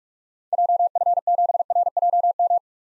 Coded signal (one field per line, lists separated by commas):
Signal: Morse code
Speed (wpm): 44 wpm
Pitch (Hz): 700 Hz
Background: none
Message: JF7RJM